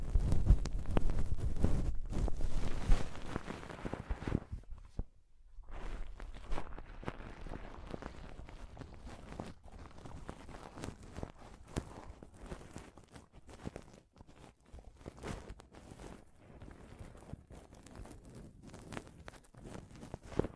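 Scratching and touching on a close-up mic, starting with loud, heavy rubbing full of deep thumps for about five seconds. After a brief pause, the handling turns quieter and brighter: dense, crackly scratching with frequent sharp clicks and taps continuing to the end.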